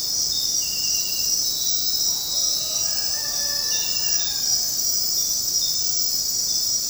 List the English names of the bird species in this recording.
none